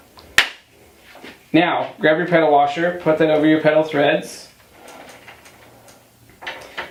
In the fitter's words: pop into place with your thumbs